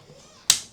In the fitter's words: Voilà et vous entendez un clic.